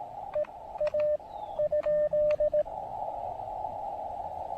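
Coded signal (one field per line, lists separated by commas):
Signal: Morse code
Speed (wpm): 17 wpm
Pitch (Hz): 590 Hz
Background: radio noise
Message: EA ?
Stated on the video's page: QRP Parks on the Air activation with DX contacts, CW on 20, 30 and 17 metres using a random wire antenna.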